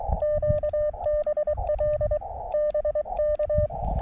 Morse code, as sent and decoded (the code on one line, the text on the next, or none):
--.- -... .-.. / -... -.-
QBL BK